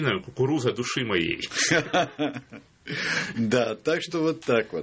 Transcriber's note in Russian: смех